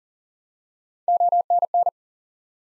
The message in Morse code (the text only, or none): ONN